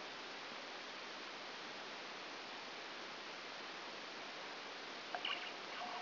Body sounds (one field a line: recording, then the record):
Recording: brain microelectrode recording played as sound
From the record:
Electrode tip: outside the subthalamic nucleus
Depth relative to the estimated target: 2 mm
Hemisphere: left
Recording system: AlphaMap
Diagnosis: Parkinson's disease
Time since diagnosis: 9 years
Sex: male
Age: 68 years